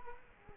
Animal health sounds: mosquito wingbeat signal from an infrared sensor; Culex quinquefasciatus

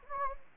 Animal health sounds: mosquito wingbeat signal from an infrared sensor; Anopheles gambiae

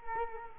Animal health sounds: mosquito wingbeat signal from an infrared sensor; Culex quinquefasciatus

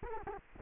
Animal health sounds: mosquito wingbeat signal from an infrared sensor; Culex quinquefasciatus

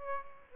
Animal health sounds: mosquito wingbeat signal from an infrared sensor; Aedes aegypti

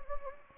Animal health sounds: mosquito wingbeat signal from an infrared sensor; Anopheles gambiae

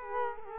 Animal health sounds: mosquito wingbeat signal from an infrared sensor; Culex quinquefasciatus

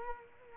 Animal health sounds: mosquito wingbeat signal from an infrared sensor; Culex quinquefasciatus

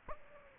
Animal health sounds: mosquito wingbeat signal from an infrared sensor; Aedes aegypti

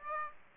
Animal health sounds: mosquito wingbeat signal from an infrared sensor; Aedes aegypti

